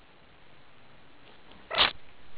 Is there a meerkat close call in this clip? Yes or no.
yes